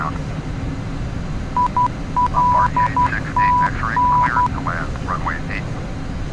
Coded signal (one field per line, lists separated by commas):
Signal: Morse code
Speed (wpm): 12 wpm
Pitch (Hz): 990 Hz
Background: speech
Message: ILTN